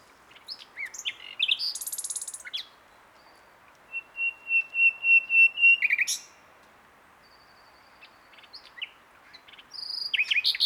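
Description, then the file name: Common nightingale song: a buzzy trill, then a series of pure whistled notes swelling louder, followed by varied sharp chirps and a closing fast phrase. "Luscinia megarhynchos"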